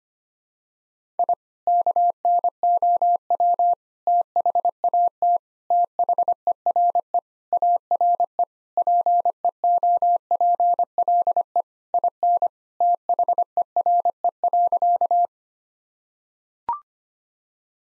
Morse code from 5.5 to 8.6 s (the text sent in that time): THERE ARE